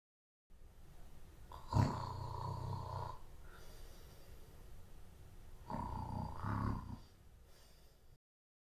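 Two long, low, rattling inhaled snores a few seconds apart from an adult sleeper, typical of ordinary sleep snoring.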